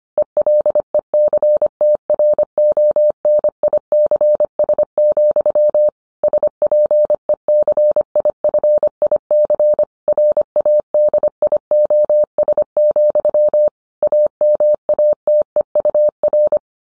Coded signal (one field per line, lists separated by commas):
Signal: Morse code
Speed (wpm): 25 wpm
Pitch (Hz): 600 Hz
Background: none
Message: ELECTRONICS, SPECIFIC RADIOS, AMATEUR